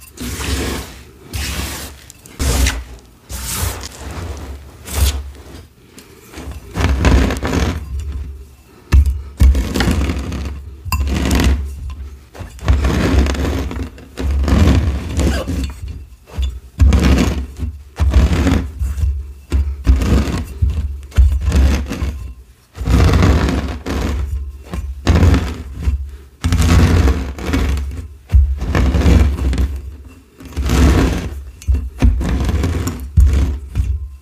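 Chopping and glassy crushing sound, a busy run of sharp knocks, scrapes and crunches arriving irregularly but almost without pause. Each hit is bright and brittle over a low thudding base. Children are not clearly heard.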